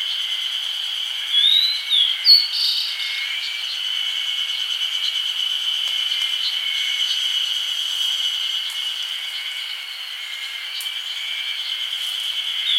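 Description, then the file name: Grey bunting uttering a short run of sharp, high chirps early on, then only the constant buzzing drone of insects. "Emberiza variabilis"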